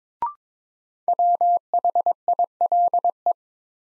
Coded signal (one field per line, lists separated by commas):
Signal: Morse code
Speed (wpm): 22 wpm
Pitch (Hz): 700 Hz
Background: none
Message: WHILE